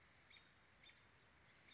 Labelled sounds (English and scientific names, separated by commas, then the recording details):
Brown Creeper (Certhia americana)
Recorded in Sonoma County, California